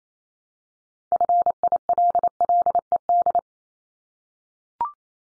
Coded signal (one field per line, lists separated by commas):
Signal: Morse code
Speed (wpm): 28 wpm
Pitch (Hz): 700 Hz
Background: none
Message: FILLED